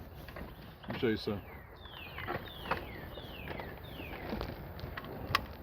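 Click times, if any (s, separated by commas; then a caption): 5.3 s. A pin on a window part is pushed by hand into its mount in the door of a car whose window will not work, while someone talks over a quiet background. The pin snaps into place with a sharp click at 5.4 s, showing it is seated.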